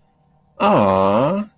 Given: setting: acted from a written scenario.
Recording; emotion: vocal sound without words; adoration